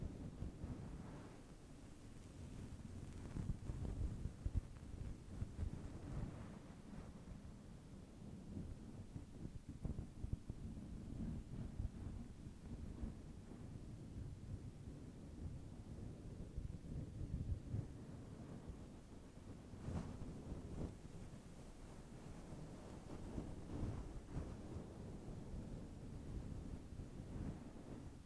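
A head massage with brushing and scrunching, heard as a steady, dense rubbing rumble that stays low and muffled throughout. Brighter scratchy strokes rise out of it now and then, most clearly around 4, 6, 20 and 24 seconds.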